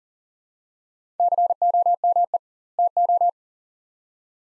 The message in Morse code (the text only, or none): COME TO